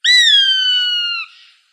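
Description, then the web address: Gray hawk calling once: a drawn-out, clear whistle that slowly falls in pitch and fades with a short breathy tail. Arizona, United States, recorded 7 August 2006. "Birds of Prey AZFO GRHA deviche 070806"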